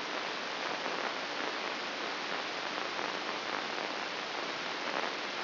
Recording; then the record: brain microelectrode recording played as sound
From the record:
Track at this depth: inside the subthalamic nucleus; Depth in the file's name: 5.861 mm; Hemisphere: left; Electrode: 3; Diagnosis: Parkinson's disease